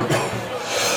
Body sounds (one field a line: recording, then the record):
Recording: coughing mixed with background sound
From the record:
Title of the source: Cough Around the Clock!